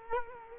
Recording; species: mosquito wingbeat signal from an infrared sensor; Culex quinquefasciatus